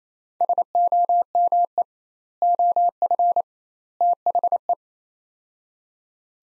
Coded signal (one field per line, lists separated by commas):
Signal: Morse code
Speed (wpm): 28 wpm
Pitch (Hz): 700 Hz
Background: none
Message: SOME OF THE